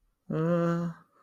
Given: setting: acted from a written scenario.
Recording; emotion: vocal sound without words; embarrassment